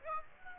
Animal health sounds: mosquito wingbeat signal from an infrared sensor; Aedes aegypti

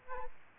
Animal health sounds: mosquito wingbeat signal from an infrared sensor; Aedes aegypti

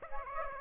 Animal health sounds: mosquito wingbeat signal from an infrared sensor; Aedes aegypti

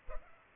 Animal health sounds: mosquito wingbeat signal from an infrared sensor; Culex pipiens

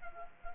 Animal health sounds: mosquito wingbeat signal from an infrared sensor; Culex quinquefasciatus

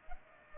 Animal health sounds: mosquito wingbeat signal from an infrared sensor; Aedes aegypti

